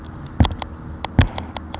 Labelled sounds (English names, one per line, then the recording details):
Savannah Sparrow
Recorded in Sonoma County, California